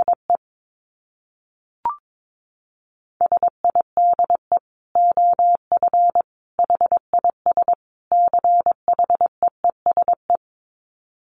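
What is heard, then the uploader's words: Short phrases of Morse code beep out as a steady mid-pitched tone, keyed on and off in quick, mostly very short dits with a few longer dashes. Clusters of beeps are separated by brief silences, and a single sharp click appears near two seconds. Dit Challenge 22wpm. These are short phrases that contain almost all dits in Morse code. I used the letters e, i, s, h, and the number 5 almost entirely.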